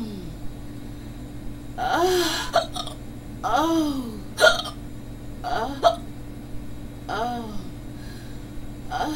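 Hiccups from an adult.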